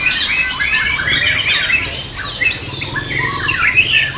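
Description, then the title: Bird song, a busy stream of twittering, warbling notes and quick chirps running without pause. "SuaraBurung Kicau"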